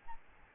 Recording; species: mosquito wingbeat signal from an infrared sensor; Aedes albopictus